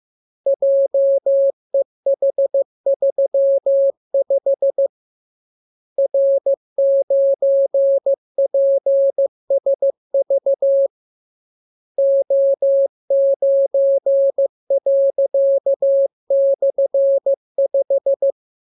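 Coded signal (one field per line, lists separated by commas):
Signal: Morse code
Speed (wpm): 15 wpm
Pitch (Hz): 550 Hz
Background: none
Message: JEH35 R9PSV O9./5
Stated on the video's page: Morse code lesson 29 of a 42-lesson course, opened with VVV and a section sign and closed with AR.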